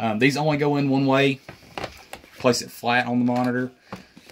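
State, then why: Not seated. A rechargeable battery pack is laid flat on a Zoll X-Series defibrillator monitor, ready to be slid into its bay, while someone talks. A few faint, brief handling taps follow near the end, around 3.9 and 4.3 seconds. The battery has not yet seated or clicked into place.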